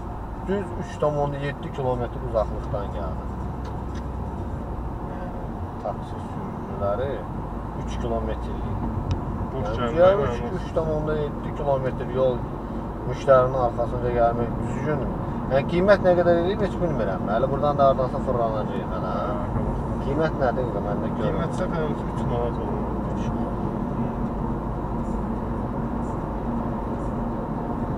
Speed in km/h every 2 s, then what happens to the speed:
22, 28, 30, 34, 38, 41, 44, 46, 47, 51, 52, 53, 55, 56.
0-28 speeds up to 56.